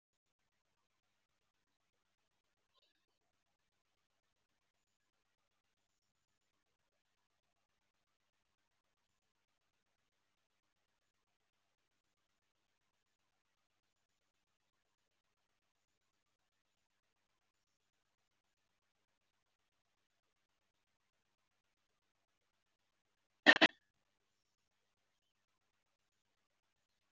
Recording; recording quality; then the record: shallow breathing; poor, much background noise or distortion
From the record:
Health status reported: healthy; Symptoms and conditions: none ticked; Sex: female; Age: 24 years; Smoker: not ticked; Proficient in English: yes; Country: India